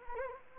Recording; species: mosquito wingbeat signal from an infrared sensor; Anopheles arabiensis